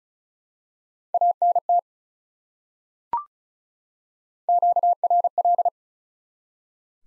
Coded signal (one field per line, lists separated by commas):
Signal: Morse code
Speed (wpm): 36 wpm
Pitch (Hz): 700 Hz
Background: none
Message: ANT QRL